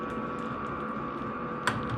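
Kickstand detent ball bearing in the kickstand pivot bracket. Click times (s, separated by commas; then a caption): 1.7 s. A spring-loaded detent in the pivot bracket of a home-made steel kickstand for an XR500R dirt bike, now fitted with a 5 mm ball bearing instead of the 6 mm one, releases as the stand is moved out of the detent. Over a steady background hum, a single sharp click at 1.7 s marks the ball snapping out of its notch.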